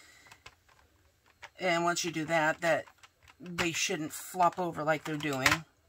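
A plastic piece of a diamond painting storage container is handled before being pressed down into its slot so the containers stop flopping over. Someone talks over a few light taps, including a short one at 0.5 s. Nothing has seated or clicked yet.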